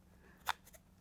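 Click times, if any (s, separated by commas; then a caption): 0.5 s. A double-bend (two-bend) wand is lined up with the silver button hole and slid into the hose fitting of a Tornado Pac-Vac 6 Roam backpack vacuum. It gives a single sharp click at 0.5 s, followed by a couple of faint taps, and the wand is seated in place.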